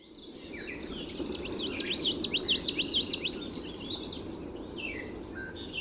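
Common yellowthroat song, a quick series of repeated rolling phrases over about two seconds, with faint high chirps of other birds and a low constant background noise.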